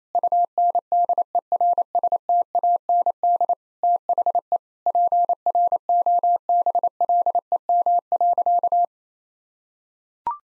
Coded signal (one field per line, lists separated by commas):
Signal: Morse code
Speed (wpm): 28 wpm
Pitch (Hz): 700 Hz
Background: none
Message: UNDERSTAND THE PROBLEM.